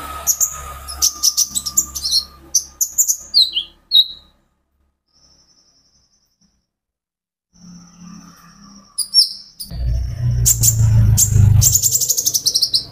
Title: KOLIBRI NINJA KONIN IJOAN GACOR COCOK UNTUK PANCINGAN TERAPI KONIN BAHAN PASTI NYAUT